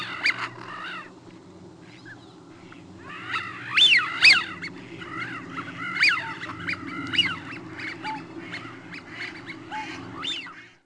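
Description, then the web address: Eurasian Wigeon whistling in bursts, several overlapping sharp whistles that rise and fall, becoming busier midway, above a low steady hum. "Peterson North American Birds"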